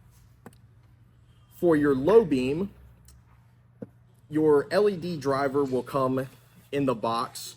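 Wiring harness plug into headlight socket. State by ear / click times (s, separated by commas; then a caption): seated / 0.5 s. A TEQ Customs V2 H4 wiring harness plug is pushed into the socket on the back of a headlight, and its retainer tabs click down in a quick double click at 0.5 and 0.5 seconds. The plug is seated, and then someone talks.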